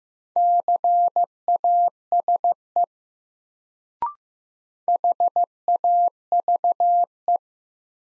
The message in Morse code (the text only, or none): CASE HAVE